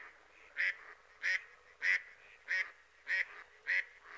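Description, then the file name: Mallard calling with six loud, nasal quacks spaced evenly about every 0.6 seconds against a quiet background. "Germano Reale"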